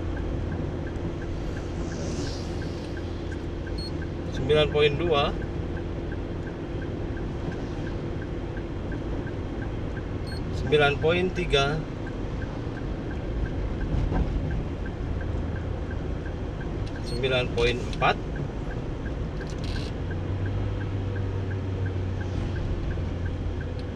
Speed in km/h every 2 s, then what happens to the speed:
54, 54, 53, 50, 50, 49, 49, 48, 45, 45, 44, 43.
0-24 slows to 43.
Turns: none.